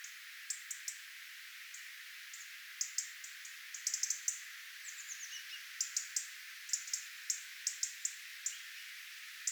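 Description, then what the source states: Tits calling in a flock, frequent sharp high chirps and thin seeping notes in irregular clusters over faint hiss. Tit flock, recorded 11 October 2024.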